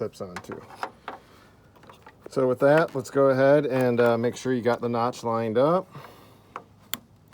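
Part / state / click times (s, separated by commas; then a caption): LED headlight bulb into headlight housing / seated / 6.9 s. An LED headlight bulb, part of an LED headlight conversion on a 1992–1998 Chevy Tahoe, GMC Yukon, or OBS Silverado/Sierra 1500, 2500, or 3500, has the notch on its base lined up and is pushed into the headlight housing while someone talks. A few faint taps and handling noises come first, then a sharp click at 6.9 s as the bulb pops onto the housing and seats.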